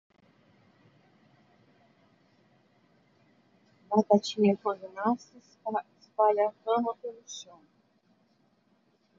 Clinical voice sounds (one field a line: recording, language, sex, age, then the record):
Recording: short text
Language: Brazilian Portuguese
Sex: female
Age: 50 to 59 years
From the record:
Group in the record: control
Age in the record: 57 years